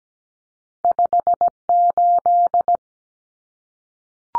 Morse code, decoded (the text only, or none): 58